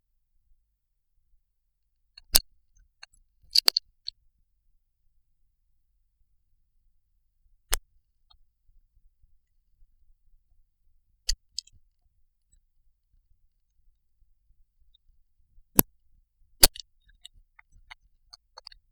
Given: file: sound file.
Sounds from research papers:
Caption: According to the cough respiratory waveforms, we found the amplified sound waveforms. Noise 1 was the sound of head-twtich, the sound was similar to cough. But body movements were shaking head from left to right, which were different from raising head while coughing. Especially, the respiratory waveforms displayed “V” shape which was different from cough ones. Noise 2 was the sound of knocking chamber wall. When moving freely inside the plethysmograph, the mice may make sounds from frequent maneuvers such as nose-scratching, teeth-tapping, sniffing, et al. These sounds and body movements were so different from cough that could be distinguished by manipulator at real time. Otherwise, the noises produced different or no respiratory waveforms, and were thus well differentiated real-time from coughs using the Finepointe software.

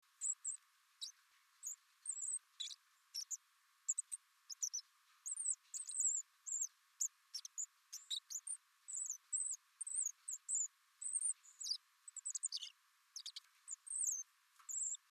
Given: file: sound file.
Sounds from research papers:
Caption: The subsong of an intact hearing sparrow

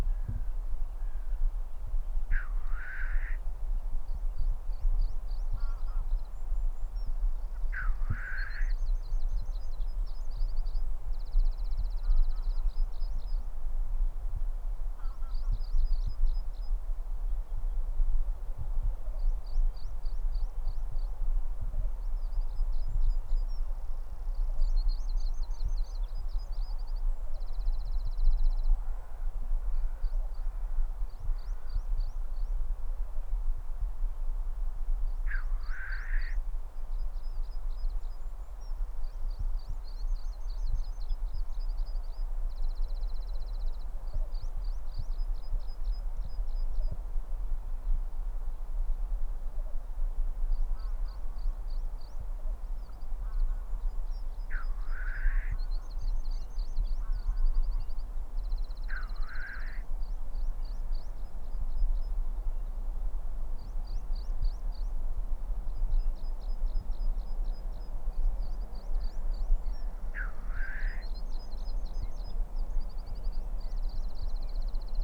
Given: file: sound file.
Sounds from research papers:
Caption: Representative recording of black grouse hissing call from Scotland.

